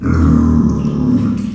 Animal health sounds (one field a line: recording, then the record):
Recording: squeal of a Yucatan mini pig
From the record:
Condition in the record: after surgery on the right vocal fold (resection and tissue-engineered implant)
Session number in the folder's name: 11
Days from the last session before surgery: 98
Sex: female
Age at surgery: 19 weeks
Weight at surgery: 25 kg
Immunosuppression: prednisolone